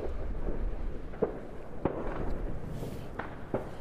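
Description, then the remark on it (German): New Year's Eve firecrackers set off about four hours before midnight: scattered bangs pop out of a steady low rumble, four or five sharp cracks at irregular intervals, moderately loud over the continuous background noise. “Ja, im Hintergrund hört man, dass Silvester im Prinzip schon dabei ist, auszubrechen.”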